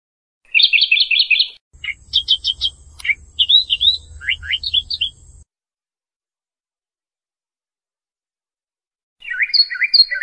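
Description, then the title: Bird singing in quick bursts of high, varied chirps and trills, some rising and falling notes, with brief pauses and a long silence before a final phrase. "burung"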